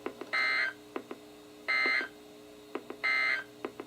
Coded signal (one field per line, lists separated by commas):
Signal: Emergency Alert System (SAME) tones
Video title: EAS #53-#67: Spring has begun! | KHB36